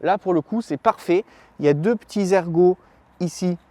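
A man talks throughout while handling the small rubber cover that goes over the seat clamp on the top tube of an Origine Fraxion carbon bicycle frame, a cover meant to seal and finish the frame. Its two small lugs are meant to clip into the carbon frame, but no clip or tick is heard because the cover has not seated or clicked yet.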